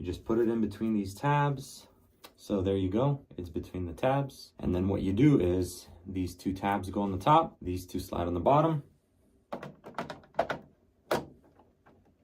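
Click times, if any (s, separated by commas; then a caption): none. A replacement HEPA/charcoal filter set is being fitted into the housing of a Coway AP-1512HH air purifier, with two tabs going on top and two sliding in at the bottom, while someone talks. Near the end, a few short, sharp handling knocks sound between about 10.0 and 11.1 seconds. The clip ends before the filter frame goes home, so nothing has seated or clicked yet.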